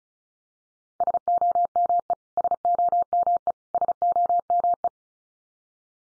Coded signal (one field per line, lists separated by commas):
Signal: Morse code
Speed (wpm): 34 wpm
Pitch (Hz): 700 Hz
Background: none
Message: SOME SOME SOME